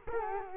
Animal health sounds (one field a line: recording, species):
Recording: mosquito wingbeat signal from an infrared sensor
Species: Culex quinquefasciatus